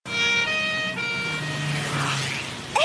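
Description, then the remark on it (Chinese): An ambulance siren wails in steady, high-pitched tones that shift partway through, over a low rumble of road traffic, ending with a quick rising whoop, in a road-safety ad about not tailing ambulances. “你看那台车一直跟在救护车后面，还闯红灯，真是投机耶。”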